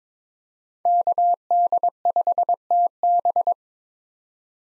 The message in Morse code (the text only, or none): KD5TB